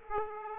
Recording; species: mosquito wingbeat signal from an infrared sensor; Aedes aegypti